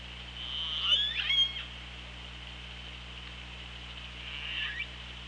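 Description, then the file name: Orca calls, a harmonic tonal call with a broken pulsed ending, then a quieter short call a few seconds later, over steady hiss. Recorded on an OrcaLab hydrophone, 24 August 2017 at 15:51. "Orca Lab UTLN JASON 20170824 155132"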